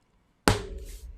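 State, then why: Seated. The metal back piece of a magnetic snap is pressed on by finger through the fabric onto the snap prongs. After near silence, a single sharp snap is heard at 0.5 seconds, followed by a brief ringing decay. The back piece is seated on the snap but still loose.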